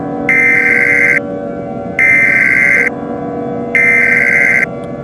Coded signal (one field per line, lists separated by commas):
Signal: Emergency Alert System (SAME) tones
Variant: header bursts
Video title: EAS Scenario 6: Broken Arrow